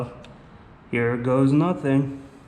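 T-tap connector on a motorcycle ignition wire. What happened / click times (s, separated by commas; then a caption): Handled, not yet home: no seating click heard before the connector closes / none. A plastic T-tap wire connector is being handled over a motorcycle's ignition/accessory wire, ready to be squeezed shut. Someone talks, but nothing has seated or clicked yet.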